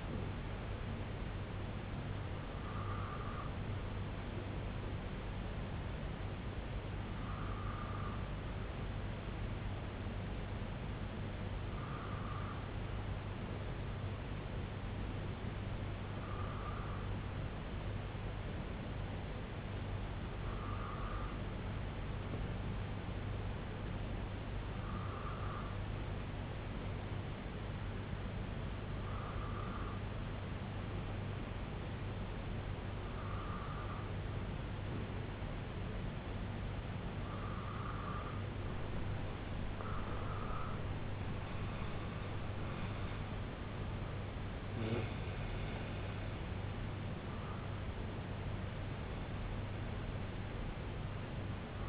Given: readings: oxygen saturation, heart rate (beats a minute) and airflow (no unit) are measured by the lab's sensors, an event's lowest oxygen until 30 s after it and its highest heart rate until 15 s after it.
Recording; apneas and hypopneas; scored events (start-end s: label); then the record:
breathing in sleep by a voice recorder at the bedside; 1
19.00-41.30 s: hypopnea (N2, oxygen 93% highest, then 92% lowest, heart rate 65 at the start, 84 highest)
32.00-51.89 s: new sleep stage, N1 (lightest sleep)
From the record:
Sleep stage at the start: N2 (light sleep); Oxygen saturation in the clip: 92 to 93%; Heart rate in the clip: 63 to 84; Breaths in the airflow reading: 12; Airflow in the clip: -8.1 to 5.7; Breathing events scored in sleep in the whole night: 258 in 7.4 hours asleep